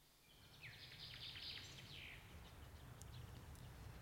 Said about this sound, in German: Dort im Quergang. Wo? Sehen Sie? Da hat sich ein Vogel verflogen.